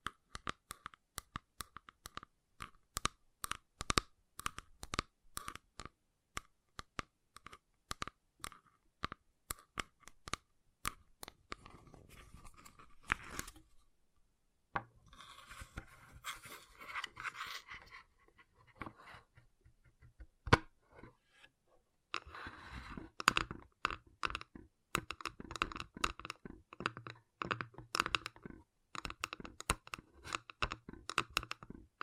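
Gentle tapping in quick, irregular bursts of sharp clicks, much like typing on a keyboard, with short pauses between runs. Around 12 to 20 seconds the taps give way to a softer crinkling, rustling texture, then dense tapping resumes and continues to the end.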